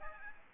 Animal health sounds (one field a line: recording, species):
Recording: mosquito wingbeat signal from an infrared sensor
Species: Aedes aegypti